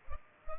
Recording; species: mosquito wingbeat signal from an infrared sensor; Culex pipiens